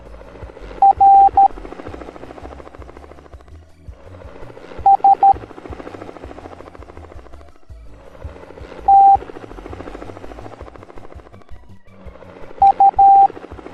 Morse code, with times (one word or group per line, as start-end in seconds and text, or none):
0.8-1.5 R
4.9-5.3 S
8.9-9.2 T
12.6-13.3 U